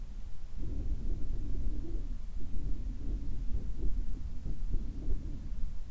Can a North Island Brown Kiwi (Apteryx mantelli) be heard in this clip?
no